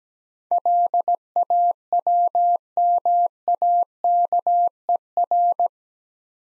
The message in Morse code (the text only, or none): LAWMAKER